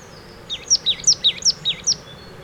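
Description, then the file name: Marsh tit: a single quick series of about eight loud, high, hooked chip notes delivered evenly in about a second and a half. "Poecile palustris"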